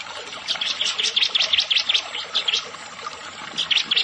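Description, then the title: Prinia song: rapid, high, chirping notes in short runs, continuing throughout over a steady hiss. "Ciblek Sawah"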